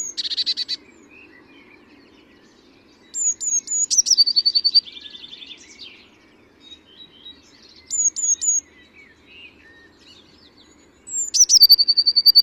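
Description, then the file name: Eurasian blue tit song in repeated phrases, each of sharp high thin notes running into a rapid silvery trill, with softer twittering between phrases and a faint low hum. "Cyanistes caeruleus"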